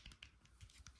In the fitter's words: spare key snap there you go